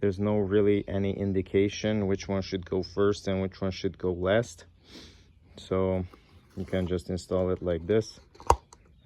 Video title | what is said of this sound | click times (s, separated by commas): How to do an oil change on your Audi S4, SQ5, Audi A6, VW - - Speed Prophets - | make sure it clicks into the position and then it uh rotates freely | 8.5 s